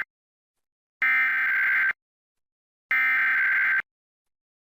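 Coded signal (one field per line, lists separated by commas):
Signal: Emergency Alert System (SAME) tones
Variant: header bursts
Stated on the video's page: Required Monthly Test aired on WHNS-TV, audio monitored through the GWES EAS Relay Network.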